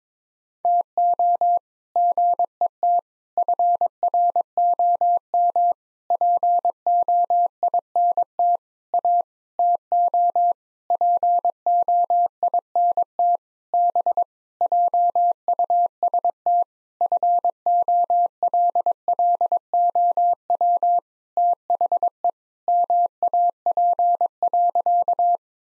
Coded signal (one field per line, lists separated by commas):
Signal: Morse code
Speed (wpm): 22 wpm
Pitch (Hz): 700 Hz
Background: none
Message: TO GET FROM POINT A TO POINT B JUST FOLLOW THE MAP.